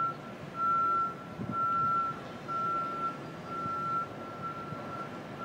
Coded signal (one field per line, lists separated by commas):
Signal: none